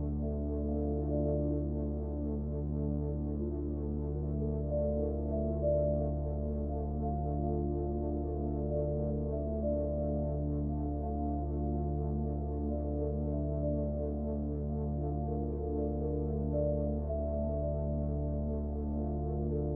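Binaural beats: a steady, low droning tone with a stack of held pitches that don't change over the twenty seconds. The sound stays dark and smooth, with a slow, gentle pulsing in the middle tones and an even loudness throughout.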